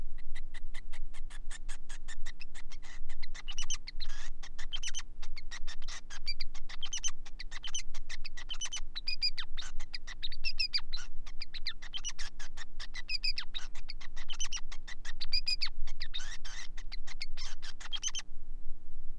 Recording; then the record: song of a male Bengalese finch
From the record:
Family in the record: son of father 5